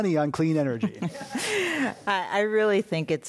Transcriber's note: laugher